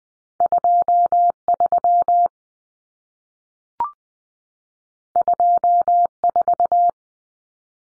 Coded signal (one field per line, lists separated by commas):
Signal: Morse code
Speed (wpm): 20 wpm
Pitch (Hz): 700 Hz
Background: none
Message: 23 24